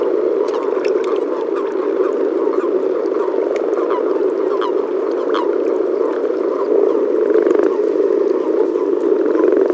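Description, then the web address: Common frog chorus, a dense continuous low purring of many overlapping croaks, with scattered faint clicks throughout. Recorded at Sissonne, France. "Sissonne Environnement Audiosflashcodes Grenouille-rousse"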